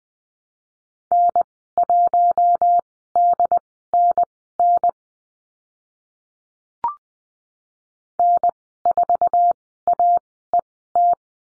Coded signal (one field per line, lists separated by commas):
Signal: Morse code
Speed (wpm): 20 wpm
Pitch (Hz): 700 Hz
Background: none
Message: N1DNN N4AET